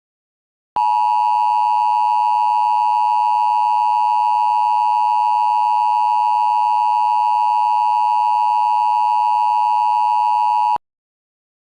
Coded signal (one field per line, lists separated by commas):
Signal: Emergency Alert System (SAME) tones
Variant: 853 and 960 Hz attention tone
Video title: EAS Mock - "Authority Madness"